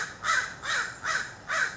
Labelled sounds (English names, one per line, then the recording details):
American Crow
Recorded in Sonoma County, California